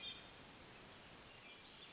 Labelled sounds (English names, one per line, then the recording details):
Hermit Thrush
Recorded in Sonoma County, California